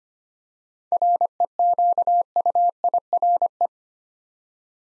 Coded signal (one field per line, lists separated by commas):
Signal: Morse code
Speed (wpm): 25 wpm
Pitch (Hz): 700 Hz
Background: none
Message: REQUIRE